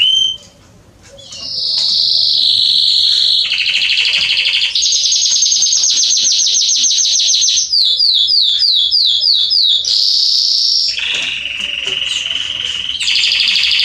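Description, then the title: Belgian canary song of long rapid trills at different pitches, a string of quick downslurred chirps, then alternating high and lower rolling trills. Male Belgian canary singing a lot, meant to warm up and train young canaries. "Canary Training Esquente Seu Filhote E Canario Belga Macho Cantando Muito. CANTO DO CANRIO"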